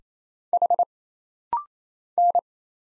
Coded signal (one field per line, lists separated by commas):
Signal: Morse code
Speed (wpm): 27 wpm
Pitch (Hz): 700 Hz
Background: none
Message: H N